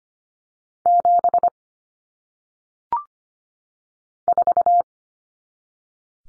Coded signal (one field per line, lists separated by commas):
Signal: Morse code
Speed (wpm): 25 wpm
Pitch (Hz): 700 Hz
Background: none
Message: 7 4